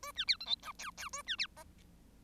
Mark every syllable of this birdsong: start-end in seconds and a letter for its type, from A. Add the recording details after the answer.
0.03-0.12 A, 0.16-0.25 B, 0.28-0.37 C, 0.40-0.46 D, 0.46-0.56 E, 0.62-0.72 F, 0.78-0.91 G, 0.97-1.09 G, 1.13-1.22 A, 1.26-1.36 B, 1.38-1.47 C, 1.56-1.64 H. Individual Bird1